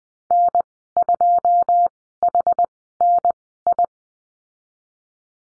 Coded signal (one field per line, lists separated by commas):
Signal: Morse code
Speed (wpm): 20 wpm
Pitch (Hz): 700 Hz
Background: none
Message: N2HNI